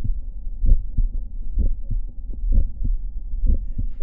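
Adult heart by stethoscope: several extra systolic clicks follow closely after the first heart sound, giving it a scraping, crunchy character. An atypical auscultatory sign of mitral valve prolapse.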